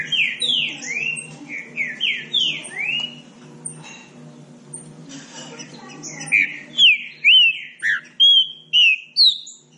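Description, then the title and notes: Green-winged saltator song: a fast run of sweeping whistled notes, a softer pause, then a strong series of clear slurred whistles repeated about twice a second. Classic song style (canto clássico) used as a training recording. "Canto Clássico Trinca Ferro TREINAMENTO. trinca fero"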